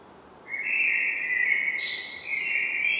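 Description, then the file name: Common blackbird delivering a single sustained, fluty warble with a brief high squeaky note partway through. "Turdus merula"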